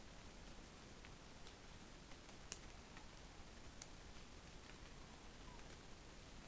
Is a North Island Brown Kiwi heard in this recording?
no